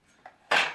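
The locking piece of a resistance-band training door anchor is pulled up and clicks sharply into its locked position at 0.5 s, a safety feature that keeps the anchor from folding in on itself. A faint, brief tap comes just before, at about 0.3 s. The piece is seated.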